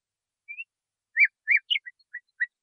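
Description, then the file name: Nightingale giving a short phrase: a rising whistle, then several quick, bright chirped notes. Song used to train caged songbirds. "suara masteran nightingale"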